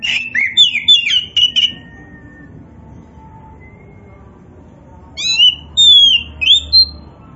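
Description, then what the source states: Oriental magpie-robin singing a rapid series of scratchy, chattering whistles, falling silent for a few seconds, then giving clear slurred whistles that rise and fall. Indonesian name kacer poci; described as gacor.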